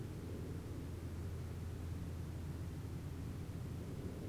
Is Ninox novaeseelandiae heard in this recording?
no